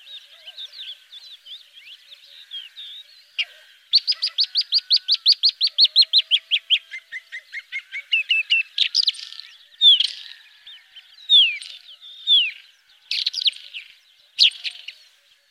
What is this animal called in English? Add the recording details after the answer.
Isabelline Wheatear. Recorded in the wild. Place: Damtschik/Wolgadelta, RU. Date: 1998-05-12. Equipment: Dat-Recorder Casio DA 7, Telinga DAT, Telinga-Parabolspiegel. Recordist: Schwarz, Dieter